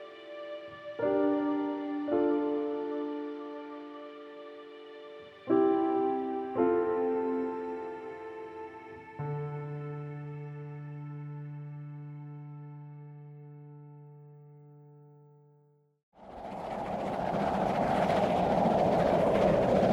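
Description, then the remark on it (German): A steam train runs on the rails: sustained, layered whistle-like tones shift pitch in steps and fade, then a loud, steady hissing roar of the moving train takes over. “Der Ruß kommt rein und der Bahnhof ist sowieso nicht mehr zu sehen.”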